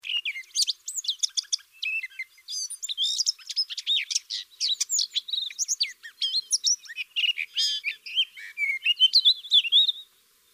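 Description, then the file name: Eurasian blackcap singing a fast, varied twittering warble of high chirps and short whistles that runs almost without pause. "Sylvia atricapilla"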